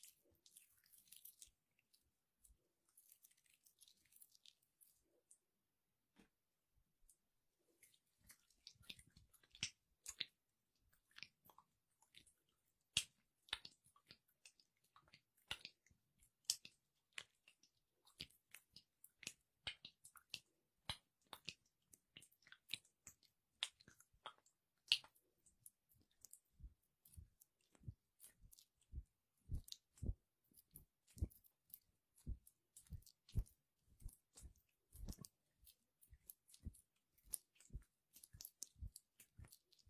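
Hands rub aloe vera gel in sticky, squishy clicks, sparse at first, then growing denser and more regular from about ten seconds on.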